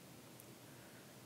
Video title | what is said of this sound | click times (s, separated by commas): FX Fusion SC Connector - Belden | snap the white inner housing onto the boot assembly you'll hear it click then | 0.4 s